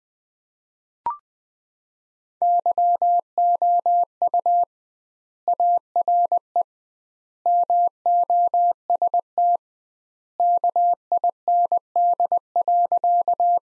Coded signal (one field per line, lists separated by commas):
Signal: Morse code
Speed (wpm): 20 wpm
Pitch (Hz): 700 Hz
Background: none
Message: YOU ARE MOST KIND.